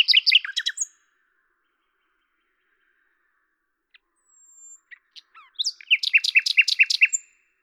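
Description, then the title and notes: Common nightingale song: a rapid jumble of notes, a long quiet gap with a thin whistle, then a loud phrase of repeated chuckling notes. Recorded at Lavours, France, on 10 May 1998 with a Tascam DAP-1 and Télingua microphone, edited in Samplitude 5.1. "D83, 01350 Lavours, France - rossignol à LAVOURS. 10/05/1998 Tascam DAP-1 Micro Télingua, Samplitude 5.1"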